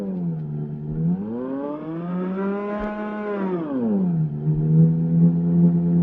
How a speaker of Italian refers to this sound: In questo album compaiono anche due registrazioni originali del 1921 di una macchina dei rumori creata dal fratello di Luigi Russolo, musica fantastica che risale a circa un secolo fa.